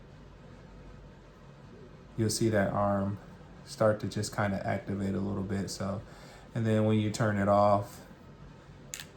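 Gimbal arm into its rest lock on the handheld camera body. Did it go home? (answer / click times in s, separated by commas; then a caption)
yes / 8.9 s, 9.0 s. A DJI pocket camera's small gimbal arm swings back and locks into its parked rest position on the handheld body when the camera is powered off. Someone talks, then sharp clicks at 8.9 s and 9.0 s mark the arm locking in place.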